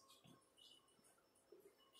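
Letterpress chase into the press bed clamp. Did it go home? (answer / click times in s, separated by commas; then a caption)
no / none. A letterpress chase is picked up and carried toward the bed clamp of a 1930s letterpress before being locked in. Only faint, soft handling rustles are heard in a quiet stretch with no hits or impacts. Nothing has seated or clicked yet.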